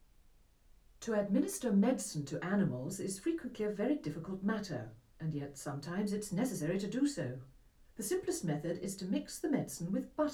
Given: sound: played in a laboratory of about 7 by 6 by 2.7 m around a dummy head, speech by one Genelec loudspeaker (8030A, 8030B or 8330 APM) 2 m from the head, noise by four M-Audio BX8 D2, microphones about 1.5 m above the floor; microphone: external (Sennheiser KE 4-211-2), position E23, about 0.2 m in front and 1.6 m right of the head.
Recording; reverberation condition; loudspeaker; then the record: female speech in English; low; 60 degrees to the left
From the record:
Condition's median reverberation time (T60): about 310 ms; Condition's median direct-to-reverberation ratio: about 3.5 dB